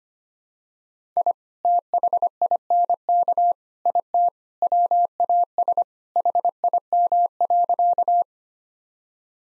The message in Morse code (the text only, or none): I THINK IT WAS HIM.